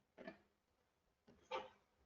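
A 3D-printed resin dental model is handled over the magnetic model base plate of an articulator, with the two geometries being brought together so the model can sink down. Two brief rubbing, handling sounds are heard, one around 0.2 to 0.4 seconds and a stronger one from about 1.3 to 1.8 seconds. Nothing has seated or clicked into place yet.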